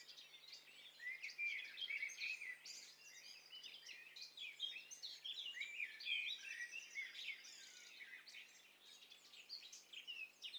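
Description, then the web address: Birds in full chorus: many overlapping songs of high chirps, trills and quick whistled phrases, packed densely with no clear gaps. Many birds singing at once. "Hi Fi STEREO BIRD COCKTAIL PARTY Challenge"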